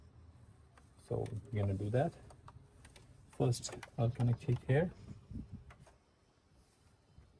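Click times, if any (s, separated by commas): 5.7 s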